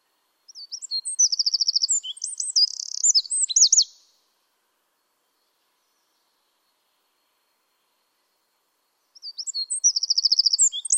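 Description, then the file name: Eurasian wren, loud high song: a rapid rattling trill and quick rising and falling notes for about three seconds, then quiet, then another phrase starting. "Troglodytes troglodytes"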